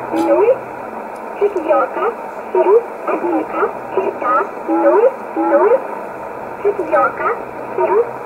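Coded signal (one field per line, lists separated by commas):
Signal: numbers station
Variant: S11a Cherta, Russian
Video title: 29 06 2020 S11a Cherta Numbers station in Russian 0701 on 9339 unknown tx site in USB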